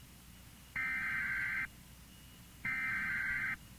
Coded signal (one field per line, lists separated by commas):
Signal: Emergency Alert System (SAME) tones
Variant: header bursts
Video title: EAS #1400 - Blizzard Warning on KIH61 Read by New NOAA Weather Radio Voice 2-1-2016